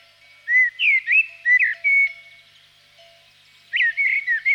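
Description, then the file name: Common blackbird song in two phrases: rich, rounded whistled notes sliding up and down, then a longer pause before another warbled phrase. "chernyy drozd"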